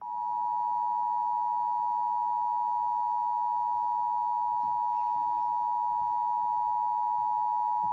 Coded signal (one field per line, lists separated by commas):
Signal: Emergency Alert System (SAME) tones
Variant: 853 and 960 Hz attention tone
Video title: Rage Quit: WaterFanatic Goes Insane (EAS Scenario)